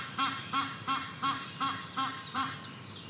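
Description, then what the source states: Duck quacking: short, harsh nasal calls repeated evenly, about three per second, softening toward the end over a hiss of breeze. Meadow atmosphere with a light breeze.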